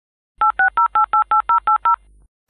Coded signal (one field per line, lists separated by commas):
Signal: DTMF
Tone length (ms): 120 ms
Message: 860888080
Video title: Dial Up Internet Sound | Free Sound Effects | Home and Office Sounds